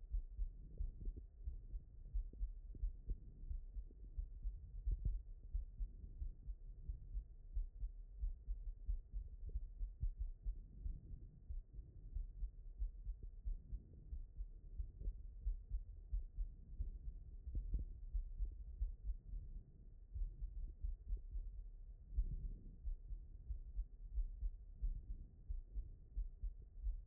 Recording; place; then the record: heart sounds by stethoscope; aortic valve (AV)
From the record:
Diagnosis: non-HFrEF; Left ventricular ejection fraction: 47%